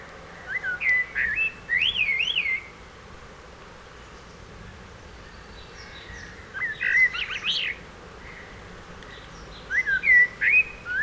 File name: Turdus merula